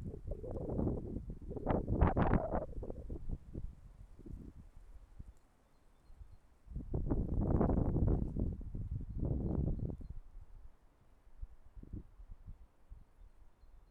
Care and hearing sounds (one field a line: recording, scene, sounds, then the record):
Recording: everyday scene through a hearing-aid microphone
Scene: wind on the microphone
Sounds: wind, traffic, birds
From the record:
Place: suburban garden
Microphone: behind the ear, left, rear